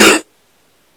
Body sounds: coughing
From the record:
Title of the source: 60 coughing still (deep and wet cough)

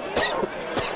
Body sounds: coughing mixed with background sound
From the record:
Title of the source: Coughing 79

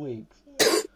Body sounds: coughing mixed with background sound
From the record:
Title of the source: 55 gaggy wet cough

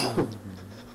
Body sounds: coughing mixed with background sound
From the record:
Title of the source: Coughing 77

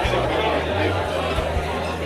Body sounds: background sound without coughing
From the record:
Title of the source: CITY SOUNDS Busy Bar in the Evening Night - 2 HOURS of Ambiance for Relaxation

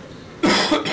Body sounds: coughing mixed with background sound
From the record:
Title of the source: Man Coughing Sound - Wet Cough Sound Effect

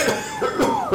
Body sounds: coughing mixed with background sound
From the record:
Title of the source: Mid-morning Winter Coughing Fit

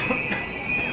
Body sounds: coughing mixed with background sound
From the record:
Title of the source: Coughing Man Sound - Man Cough Sound Effect

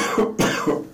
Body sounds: coughing mixed with background sound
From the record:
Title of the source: Spring Cold Coughing 3

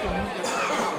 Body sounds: coughing mixed with background sound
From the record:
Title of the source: Spring Cold Coughing 2

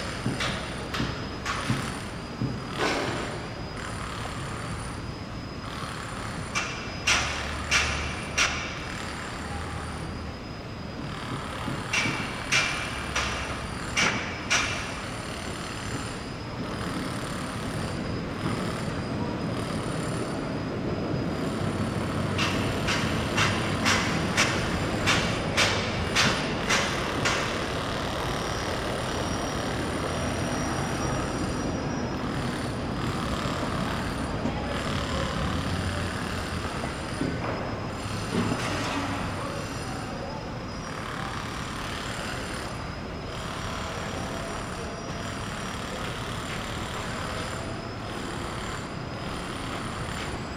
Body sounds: background sound without coughing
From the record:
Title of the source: 30 MINUTES Construction Site Ambience (CC BY 4.0)

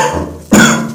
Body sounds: coughing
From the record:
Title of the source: Wet Throat Infection Cough

